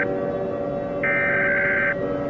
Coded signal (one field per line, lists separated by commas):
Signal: Emergency Alert System (SAME) tones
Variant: header bursts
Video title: EAS Short Scenario 14 - Black Plague